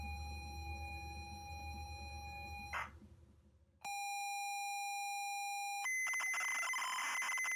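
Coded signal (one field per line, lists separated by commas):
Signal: ZX Spectrum tape loading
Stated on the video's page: ZX Spectrum game loading from cassette tape.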